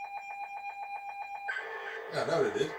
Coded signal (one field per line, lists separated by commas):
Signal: ZX Spectrum tape loading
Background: speech